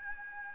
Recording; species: mosquito wingbeat signal from an infrared sensor; Aedes albopictus